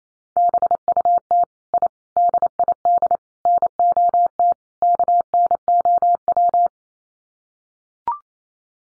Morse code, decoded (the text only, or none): BUT I DID NOT KNOW